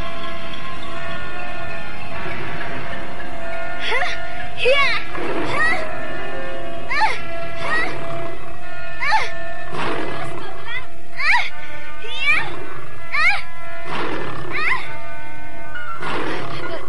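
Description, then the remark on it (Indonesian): A tiger roars and snarls in a series of harsh, rasping bursts, repeating every second or so over a steady humming tonal backdrop. “Jangan sakiti harimau itu, Tuan Putri.”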